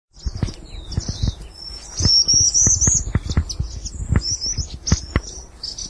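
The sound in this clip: Black-throated parrotbill giving rapid high-pitched twittering calls almost continuously, over many dull low knocking sounds.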